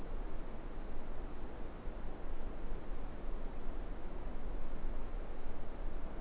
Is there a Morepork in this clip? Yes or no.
no